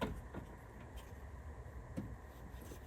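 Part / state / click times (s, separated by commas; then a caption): side mirror wiring connector into door harness plug / not seated / none. A plastic side mirror wiring connector for a 2007-2014 F-150 OE-style powered heated mirror with amber LED turn signal is handled inside the door as it is pushed toward the door harness plug. Only quiet handling noise and a few faint ticks are heard over a low background hum. The connector has not clicked in or seated yet.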